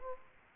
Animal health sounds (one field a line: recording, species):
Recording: mosquito wingbeat signal from an infrared sensor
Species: Culex quinquefasciatus